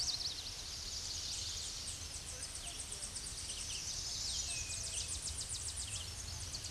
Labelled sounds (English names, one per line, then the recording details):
Tennessee Warbler song
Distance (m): 50 m
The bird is about 30 m above the microphone
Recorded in a Pennsylvania forest on 16 May 2024 at 08:27
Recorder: AudioMoth, point MSD-2040
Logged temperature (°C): 15.3 °C
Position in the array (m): 57 m, 174 m